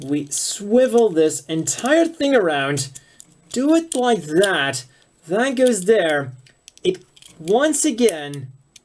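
A plastic piece of a 1/144 HG ZZ Gundam model kit is swiveled around and pushed toward its position in the body during transformation while someone talks, with faint handling ticks and a brief sharp tick at 8.8 s. Nothing has seated or clicked into place yet.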